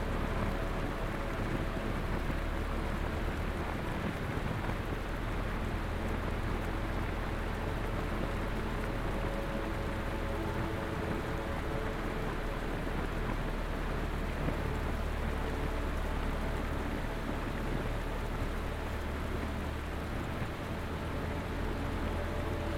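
Constant rain hisses and patters at an even, unbroken level for the whole stretch, dense and fairly bright. Soft sustained notes sit faintly within it, with a steady low rumble underneath and no sudden events.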